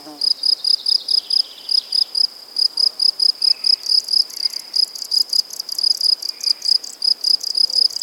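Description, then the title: Crickets give shrill, quick chirps that repeat steadily, with a few faint sounds in the background. Crickets at Buoux, Vaucluse, France, in May 2007. "Animus. Grillons, Divers Insectes Et Oiseaux - Buoux, Vaucluse - mai 2007"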